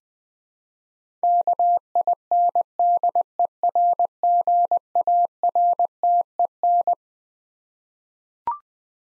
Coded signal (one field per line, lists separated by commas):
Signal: Morse code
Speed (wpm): 20 wpm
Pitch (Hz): 700 Hz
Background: none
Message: KINDERGARTEN